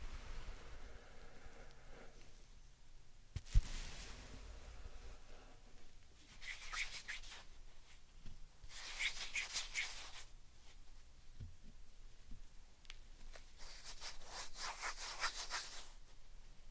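Slime and sand being handled in short rubbing, grainy bursts, with brighter crackly squishing at about 6–7, 9–10 and 13–16 seconds. Quieter stretches separate them, and a single sharp tap lands near 3.5 seconds.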